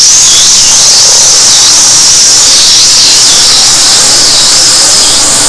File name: Stenella Plagiodon